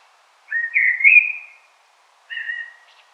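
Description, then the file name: Common blackbird fluting: one long, rich, wavering whistle, then a shorter whistle ending in a faint high twitter. "Turdus merula"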